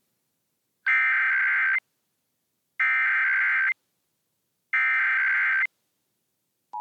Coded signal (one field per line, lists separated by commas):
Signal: Emergency Alert System (SAME) tones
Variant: header bursts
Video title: EAS: Pennsylvania Required Monthly Tests (7/18/19)(EAS #146-150)